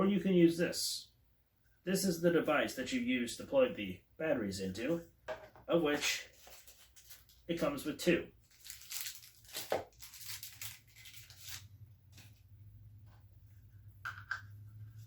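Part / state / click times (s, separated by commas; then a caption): camera battery into USB charger / not seated / none. Someone talks while a camera battery is handled beside its USB charging cradle, with brief rustling and tapping handling sounds. The battery has not yet slid into the charger, so nothing has seated or clicked yet.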